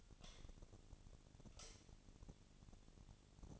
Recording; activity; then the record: daily activity, microphone in the room; light on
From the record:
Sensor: 4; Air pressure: 1010.7 hPa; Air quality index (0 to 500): 171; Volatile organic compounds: 5 ppm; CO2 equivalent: 1736 ppm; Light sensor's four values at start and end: 38/110/44/44 and 38/111/44/45